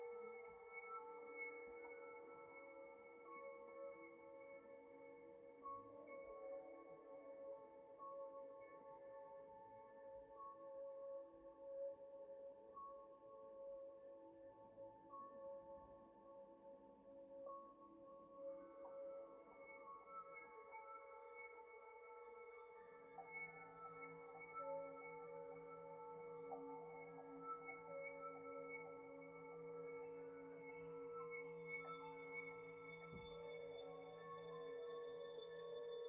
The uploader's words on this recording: MIDI and BOWL sounds 7 mins per chakra.